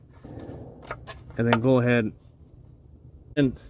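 A plastic oil drain plug is handled by hand at a truck's plastic oil pan while someone talks, with faint handling noises and a brief sharp tick near 0.9 s. Nothing has seated or clicked yet; the plug is not yet home.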